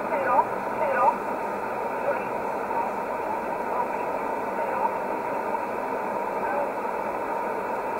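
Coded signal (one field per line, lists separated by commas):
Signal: numbers station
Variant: E11 Oblique, English voice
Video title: 24 06 2020 E11 Oblique Numbers station in English 0746 on 15720 unknown tx site in USB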